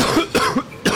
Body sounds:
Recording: coughing mixed with background sound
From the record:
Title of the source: Coughing 46

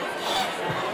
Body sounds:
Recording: coughing mixed with background sound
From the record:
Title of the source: Spring Allergy Coughing

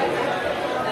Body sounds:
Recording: background sound without coughing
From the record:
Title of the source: CITY SOUNDS Busy Bar in the Evening Night - 2 HOURS of Ambiance for Relaxation

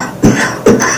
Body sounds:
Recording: coughing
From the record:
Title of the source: Spring Cold Coughing 3

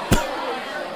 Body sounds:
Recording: coughing mixed with background sound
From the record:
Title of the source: Coughing 51

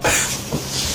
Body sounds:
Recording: coughing mixed with background sound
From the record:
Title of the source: Spring Cold Coughing 2

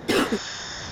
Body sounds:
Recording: coughing mixed with background sound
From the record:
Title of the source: 60 coughing still (deep and wet cough)

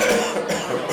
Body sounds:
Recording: coughing mixed with background sound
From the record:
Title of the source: Wet Throat Infection Cough

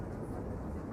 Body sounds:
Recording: background sound without coughing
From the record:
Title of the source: Train Ride Ambience ambient white noise for sleeping, focus, studying, reading

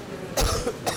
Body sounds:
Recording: coughing mixed with background sound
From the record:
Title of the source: Coughing 79

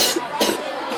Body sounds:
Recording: coughing mixed with background sound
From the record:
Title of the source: 55 gaggy wet cough

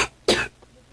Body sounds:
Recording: coughing mixed with background sound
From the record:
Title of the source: 61 morning phlegmy cough...again

